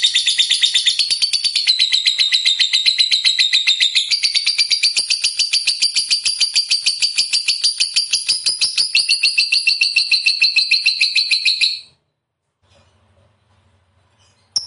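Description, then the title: Lovebird song: a long, fast, buzzy chattering trill lasting nearly twelve seconds, then silence and a brief final note. Lovebird described as a 'fighter' and 'gacor'. "Berkat SUARA Lovebird FIGHTER GACOR Ini"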